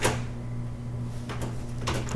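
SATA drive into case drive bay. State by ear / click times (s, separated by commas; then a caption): seated / 1.9 s. A 2.5-inch SATA drive in a plastic tool-less tray slides along the drive-bay track of a case and clicks as it locks into the tool-less bay at 1.9 s, seating the drive. A steady low hum runs underneath, with a short scrape around 1.3 s and a brief tap near 2.1 s.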